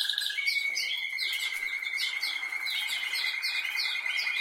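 Canary singing a sustained, buzzy trill held evenly, with quick chirping notes repeated over it.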